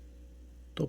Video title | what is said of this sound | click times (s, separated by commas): Годинник судного дня - атмосферна саморобка! | Klick. Fertig, das Kabel sitzt fest. | 0.8 s